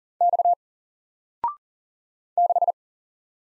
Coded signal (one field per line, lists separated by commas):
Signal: Morse code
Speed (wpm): 40 wpm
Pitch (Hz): 700 Hz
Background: none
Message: X 6